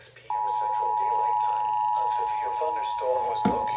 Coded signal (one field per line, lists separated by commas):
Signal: Emergency Alert System (SAME) tones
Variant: 853 and 960 Hz attention tone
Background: speech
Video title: Severe Thunderstorm Warning (EAS #106) (INCLUDING 94.5 KSMB RELAY!!!)